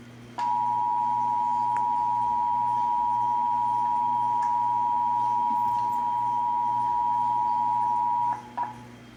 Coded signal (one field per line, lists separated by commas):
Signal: Emergency Alert System (SAME) tones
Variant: 853 and 960 Hz attention tone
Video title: (EAS #524-531) 2023 National Periodic Test